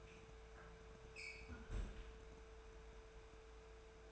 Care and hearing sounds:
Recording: daily activity, microphone in the room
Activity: close fridge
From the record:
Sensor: 2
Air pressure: 1014.8 hPa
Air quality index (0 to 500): 194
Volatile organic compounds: 17 ppm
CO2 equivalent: 2570 ppm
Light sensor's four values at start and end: 8/20/8/8 and 8/20/8/8

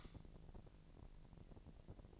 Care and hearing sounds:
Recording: daily activity, microphone in the room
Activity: light off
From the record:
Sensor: 5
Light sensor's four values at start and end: 16/38/16/17 and 16/38/16/17

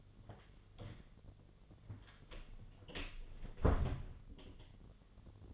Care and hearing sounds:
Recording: daily activity, microphone in the room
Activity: close door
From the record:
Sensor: 4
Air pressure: 1008.0 hPa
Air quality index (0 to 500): 182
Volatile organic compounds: 5 ppm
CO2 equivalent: 1828 ppm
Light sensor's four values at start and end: 23/72/27/26 and 23/73/28/27

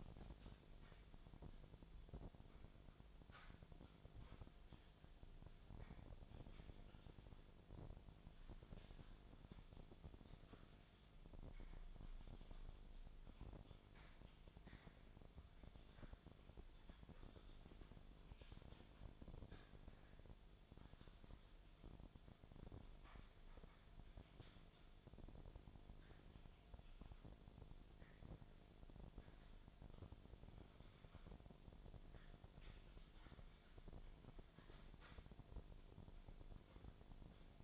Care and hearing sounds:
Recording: daily activity, microphone in the room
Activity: typing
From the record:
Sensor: 5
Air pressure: 1009.6 hPa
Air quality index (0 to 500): 168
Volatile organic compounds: 4 ppm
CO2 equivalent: 1629 ppm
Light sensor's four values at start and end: 104/275/113/120 and 105/276/113/120

